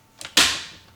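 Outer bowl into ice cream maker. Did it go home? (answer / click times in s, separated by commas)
yes / 0.4 s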